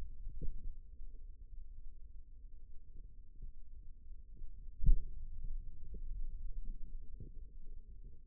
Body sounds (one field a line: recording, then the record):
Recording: forearm muscle sounds (acoustic myography)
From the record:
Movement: finger pinch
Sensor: system 2, bracelet of six BSWA MPA416 microphones around the upper forearm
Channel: 4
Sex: female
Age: 25 years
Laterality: right